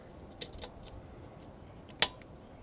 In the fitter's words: Very nice. Always want to hear a click when you put the Magneto wire back on the plug. It means it has a good tight connection.